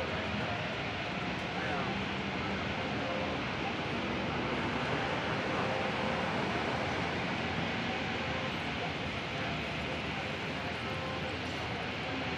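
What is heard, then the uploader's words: Street noise on a busy city avenue, with traffic passing in a dense, steady wash that barely rises or falls over the twelve seconds. Indistinct voices murmur within the roar, and a low rumble sits under a hissy upper layer. Ext, 6th Ave, NYC Cars Passing, Noise.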